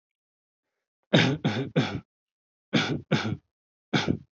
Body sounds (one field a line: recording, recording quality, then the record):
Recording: shallow voluntary cough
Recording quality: excellent, no background noise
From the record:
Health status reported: healthy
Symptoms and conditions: cough, cold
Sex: male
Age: 24 years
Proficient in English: yes